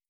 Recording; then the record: hydrophone in a shrimp aquaculture tank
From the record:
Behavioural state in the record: starved